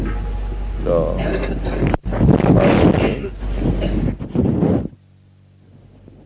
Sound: microphone sound

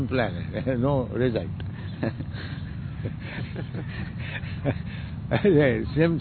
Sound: laughs

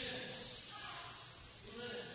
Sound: yelling continues in background, louder

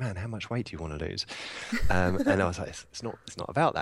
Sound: laugh

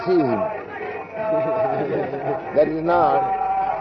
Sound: laughter

